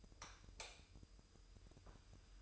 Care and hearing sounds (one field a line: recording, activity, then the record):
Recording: daily activity, microphone in the room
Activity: light off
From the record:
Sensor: 2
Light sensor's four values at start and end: 11/34/13/14 and 7/16/6/7